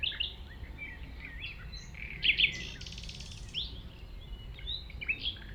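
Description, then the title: Common nightingale song of quick varied notes, a pair of sharp calls and a harsh burst, with whistled phrases later and low background rumble. At 195 Rue de Vars, Chindrieux, France; recordist approached the singing nightingale on foot through tall grass; while singing it is deaf to outside noise. "195 Rue de Vars, 73310 Chindrieux, France - approche d'un rossignol"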